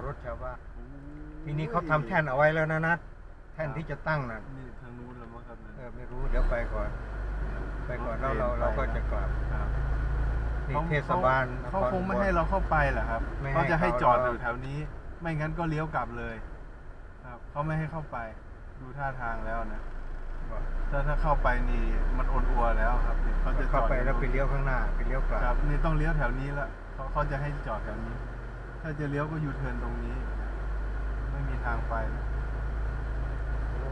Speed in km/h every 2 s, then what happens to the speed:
13, 7, 5, 6, 5, 8, 10, 10, 9, 7, 7, 5, 5, 3, 2, 2, 2.
0-4 slows to 5. 4-28 steady at about 6. 28-31 standing.